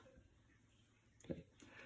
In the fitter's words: Just slide the engine in until it clicks into that hook.